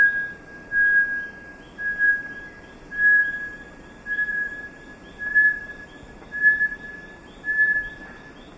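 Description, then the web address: Bartlett's tinamou song: pure whistled notes on a steady pitch, given about once a second in an even series, with soft rhythmic insect chirping behind. Ecuador. "S America Birds of Ecuador. Bartlett's Tinamou"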